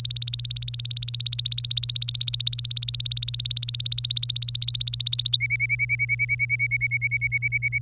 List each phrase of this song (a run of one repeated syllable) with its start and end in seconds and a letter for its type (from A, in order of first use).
0.00-5.36 A, 5.40-7.78 B